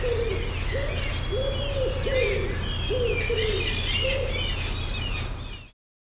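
Bird calls: about seven low, hooting arched notes at irregular intervals, with higher squeaky chirps above and a steady low hum throughout.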